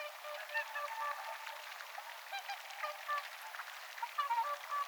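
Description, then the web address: Whooper swans calling together, giving many short, clear honks, closely spaced and overlapping. Several whooper swans filtering food from the water with their bills, 18 October 2024. "paivat 18 10 2024 laulujoutsenet suodattavat vedesta jotain ruokaa nokallaan"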